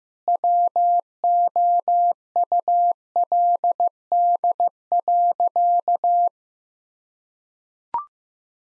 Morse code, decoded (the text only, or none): WOULD.